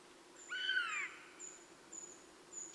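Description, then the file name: Eurasian jay giving a single slurred, descending mew, with thin high-pitched whistled notes repeating faintly around it. "Garrulus glandarius"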